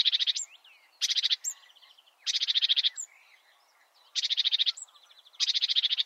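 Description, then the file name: Marsh warbler giving short buzzy rattling bursts at intervals, with soft twittering notes between them. "suara-kicauan-burung-marsh-warbler -omkicau"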